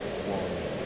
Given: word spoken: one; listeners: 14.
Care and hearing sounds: one English word in noise, from a listening test; speech-shaped noise; -4.1 dB; 1 of 14; 9 of 14; 0.46 s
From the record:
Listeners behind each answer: 9, 2, 1, 1, 1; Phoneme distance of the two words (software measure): 17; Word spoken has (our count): 1 syllable, 3 phonemes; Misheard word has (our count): 1 syllable, 4 phonemes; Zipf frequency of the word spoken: 6.56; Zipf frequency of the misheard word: 3.54

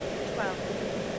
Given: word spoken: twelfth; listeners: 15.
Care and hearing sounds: one English word in noise, from a listening test; speech-shaped noise; -6.8 dB; 3 of 15; 12 of 15; 0.79 s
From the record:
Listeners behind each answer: 12, 3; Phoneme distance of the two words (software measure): 17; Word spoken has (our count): 1 syllable, 6 phonemes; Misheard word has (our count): 1 syllable, 5 phonemes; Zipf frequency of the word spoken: 3.20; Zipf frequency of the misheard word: 3.66

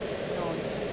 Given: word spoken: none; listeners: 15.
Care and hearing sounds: one English word in noise, from a listening test; speech-shaped noise; -6.2 dB; 5 of 15; 8 of 15; 0.53 s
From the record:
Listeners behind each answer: 8, 5, 1, 1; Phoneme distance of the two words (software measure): 20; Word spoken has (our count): 1 syllable, 3 phonemes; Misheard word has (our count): 1 syllable, 3 phonemes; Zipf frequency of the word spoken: 4.88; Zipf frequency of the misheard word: 4.78

